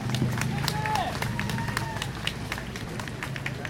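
A crowd claps steadily throughout for a medical team member who kept bandaging people, a dense crackle of many hands with no pause, while indistinct voices murmur and chatter underneath.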